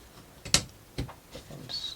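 A plastic stepper lift piece is pushed into the frame of a Meibely Rail-Hub Gear Drive marble run and seats with a sharp snap at 0.5 s. Softer ticks follow around 1.0 and 1.1 s, and a faint high-pitched tone rises near the end. The piece is confirmed locked into place.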